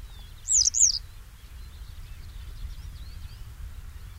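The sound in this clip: Iberian yellow wagtail gives a quick pair of high, sharp notes near the start, then faint chirps over a low background hum.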